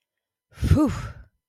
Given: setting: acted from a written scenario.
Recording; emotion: vocal sound without words; relief